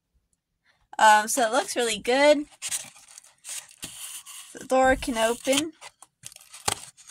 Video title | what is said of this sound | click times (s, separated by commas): Working on my Ranger Station!🐰 ( putting up the walls, planning the layout) | kind of pops into place that way it holds in which just kind of nice | 6.7 s